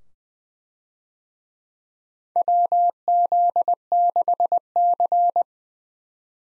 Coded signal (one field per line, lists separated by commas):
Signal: Morse code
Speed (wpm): 21 wpm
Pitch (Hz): 700 Hz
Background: none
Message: WZ6C